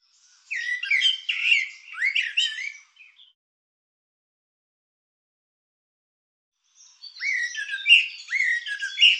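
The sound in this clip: Bird giving bursts of rapid squeaky, chattering notes, a run of about three seconds, a pause of several seconds, then another similar chattering burst.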